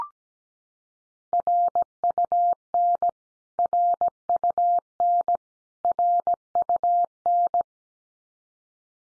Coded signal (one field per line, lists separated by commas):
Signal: Morse code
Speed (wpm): 17 wpm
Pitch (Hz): 700 Hz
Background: none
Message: RUN RUN RUN